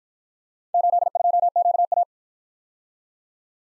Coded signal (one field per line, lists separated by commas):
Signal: Morse code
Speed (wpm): 53 wpm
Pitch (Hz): 700 Hz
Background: none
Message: 82QA